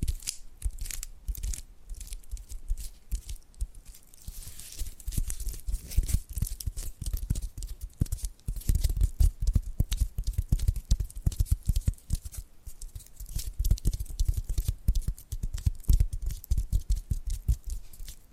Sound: Hypnotic Tapping and Scratching Sounds